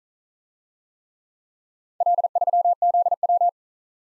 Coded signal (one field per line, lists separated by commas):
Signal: Morse code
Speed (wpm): 41 wpm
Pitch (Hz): 700 Hz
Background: none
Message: L3ZW